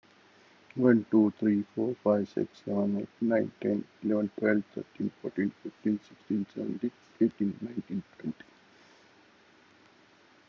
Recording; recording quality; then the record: counting at a normal pace; excellent, no background noise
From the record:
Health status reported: COVID-19 positive, mild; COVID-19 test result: positive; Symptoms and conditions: fever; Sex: male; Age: 55 years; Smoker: not ticked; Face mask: worn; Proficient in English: yes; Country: India